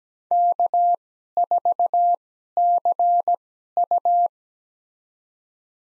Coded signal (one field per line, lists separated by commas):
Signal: Morse code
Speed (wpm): 17 wpm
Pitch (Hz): 700 Hz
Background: none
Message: K4CU